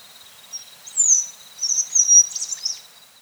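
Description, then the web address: Bluish flowerpiercer singing a rapid, high-pitched twitter of sliding squeaky notes in two short bursts, with a faint steady tone underneath. South America. "Natures Songs S America Bluish Flower-Piercer"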